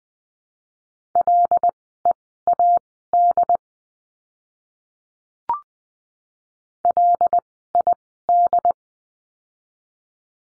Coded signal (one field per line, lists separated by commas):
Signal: Morse code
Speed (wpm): 20 wpm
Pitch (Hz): 700 Hz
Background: none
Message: LEAD LID